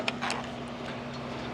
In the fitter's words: So, you just slide it over and you'll hear it click into place.